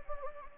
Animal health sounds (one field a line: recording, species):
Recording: mosquito wingbeat signal from an infrared sensor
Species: Anopheles gambiae